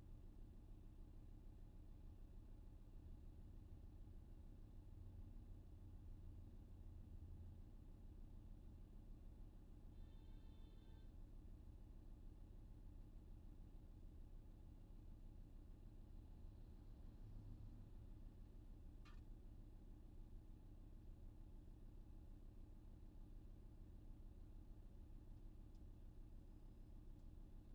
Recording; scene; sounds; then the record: everyday scene through a hearing-aid microphone; in a vehicle; engine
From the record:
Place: VW T5 Caravelle, diesel engine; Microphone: in the ear canal, left